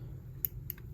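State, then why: Seated. A Class 10 microSD memory card is slid into the card slot under the opened bottom cover of a Wyze Battery Cam Pro battery security camera and pushed until it latches. Two sharp, bright clicks land at about 0.5 s and 0.7 s, followed by a fainter tick near 0.8 s over a low, steady background hum. The card is seated in the slot.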